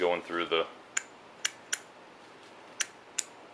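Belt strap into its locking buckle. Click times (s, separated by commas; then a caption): 1.0 s, 1.5 s, 1.7 s, 2.8 s, 3.2 s. A Boxer Tactical Apogee belt strap is pulled through its locking buckle while someone talks briefly at the start. Sharp clicks sound at 1.0, 1.5, 1.7, 2.8 and 3.2 seconds as the strap feeds through. The buckle locks the strap in place, holding it until the buckle is released.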